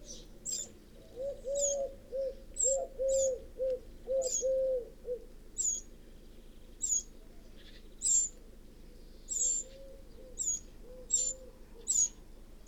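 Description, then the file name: Eurasian wren: a series of brief, high, sharp ticks spaced irregularly, while a lower pulsing, wavering call runs beneath in the first half and again later. "Troglodytes troglodytes"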